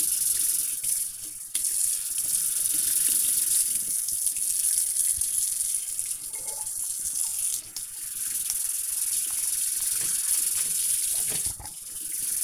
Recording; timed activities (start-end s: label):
household activities, microphone on the right wrist
0.00-12.44 s: washing dishes